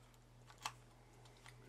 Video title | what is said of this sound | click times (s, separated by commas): DJI Mavic air drone. quadcopter | snaps in place pretty nifty | 0.7 s